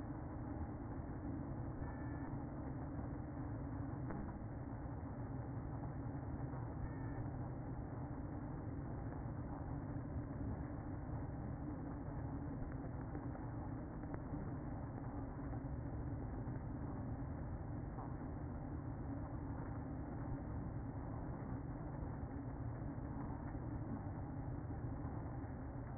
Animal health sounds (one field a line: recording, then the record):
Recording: honeybee colony, microphone inside the hive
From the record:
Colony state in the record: queen present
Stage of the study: after two queens were removed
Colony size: about 60,000 bees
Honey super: yes